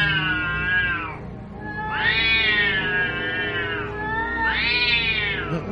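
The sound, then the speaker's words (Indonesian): A cat snarls and yowls fiercely in three long, wavering cries that rise and fall in pitch, harsh and loud, with a low rumbling growl underneath and no talking. “Ia mengatakan ada suara kucing menyeringai dan garang sekali.”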